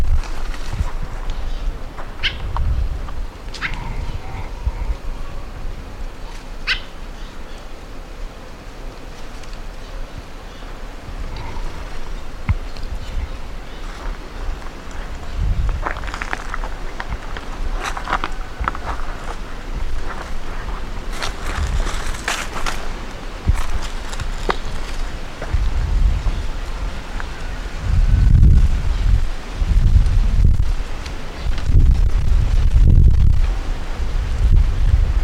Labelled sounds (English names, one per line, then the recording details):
Cape Verde Warbler call
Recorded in the wild
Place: S. Jorge dos Orgaos, Kapverdische Inseln, CV
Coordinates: 15.06, -23.62
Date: 1995-01-21 12:10
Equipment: Sony WM-D6C, Sennheiser ME 66, Kopie Revox C 270
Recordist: Fischer, Stefan